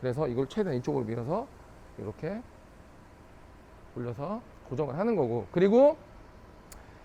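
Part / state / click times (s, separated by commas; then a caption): torque-limiting knob on bike carrier frame-holder arm / torque reached / 6.7 s. Someone talks while turning the torque-limiting knob on the frame-holder arm of a Thule EasyFold XT carrier that holds an electric bike on a Kia Sorento MQ4. A short, sharp click is heard at 6.7 s as the knob reaches its torque limit, so the arm is tight and needs no further tightening.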